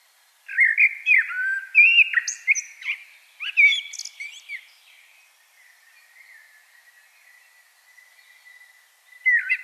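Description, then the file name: Common blackbird delivering a long warbled phrase of mellow whistles mixed with sharp high squeaks, then quiet before a new phrase opens. "Turdus merula"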